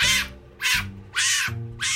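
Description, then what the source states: Fennec fox screams: harsh, high, wailing bursts, four in quick succession, over a steady low hum. Small desert fox screaming and wailing at high pitches, recorded as an ingredient for a film creature's sound; erratic, screamy, unhinged sound.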